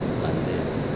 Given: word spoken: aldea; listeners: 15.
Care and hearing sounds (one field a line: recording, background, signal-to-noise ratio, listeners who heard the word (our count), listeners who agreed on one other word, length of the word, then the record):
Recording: one Spanish word in noise, from a listening test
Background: speech-shaped noise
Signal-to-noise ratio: -5.5 dB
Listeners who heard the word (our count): 2 of 15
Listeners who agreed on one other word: 10 of 15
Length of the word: 0.56 s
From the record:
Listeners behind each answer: 10, 2, 2, 1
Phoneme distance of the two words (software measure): 24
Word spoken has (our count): 3 syllables, 5 phonemes, stress on syllable 2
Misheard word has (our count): 3 syllables, 7 phonemes, stress on syllable 2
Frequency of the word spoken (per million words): 15.50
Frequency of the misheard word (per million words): 31.38